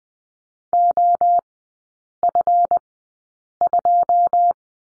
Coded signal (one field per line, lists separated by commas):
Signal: Morse code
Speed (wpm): 20 wpm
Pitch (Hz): 700 Hz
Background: none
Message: OF2